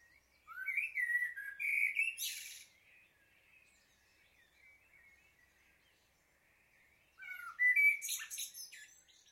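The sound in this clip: Blackbird singing two phrases, each a low, fluty warble that breaks into a high, shrill twitter, with a quiet gap of about four and a half seconds between them.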